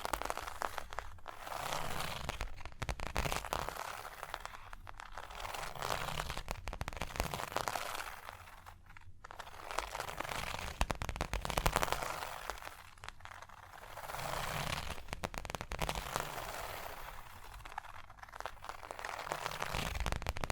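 Fingers tap, scratch and trace across a surface in dense, crackly bursts that fill the whole clip. The rustling swells and eases in slow waves every few seconds, with sharp clicks scattered throughout and brief quieter dips around nine and thirteen seconds.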